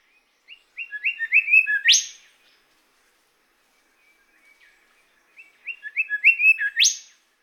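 Golden whistler song: two phrases, each a run of whistled notes building in strength and ending in a sharp, rising whip-like note.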